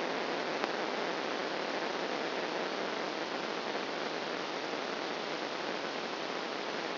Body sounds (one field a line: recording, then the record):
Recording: brain microelectrode recording played as sound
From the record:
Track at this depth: inside the subthalamic nucleus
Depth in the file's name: 4.002 mm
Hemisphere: left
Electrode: 1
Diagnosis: Parkinson's disease